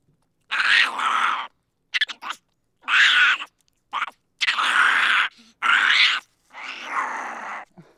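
Monkey uttering a series of raspy, squealing chatter calls in several bursts, some brief and clipped, others drawn out and wavering.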